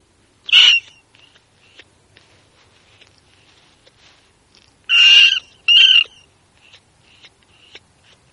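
Brown rat squeaks: three loud, shrill bursts, one early and two close together later, with faint scratchy ticks and tiny squeaks between them.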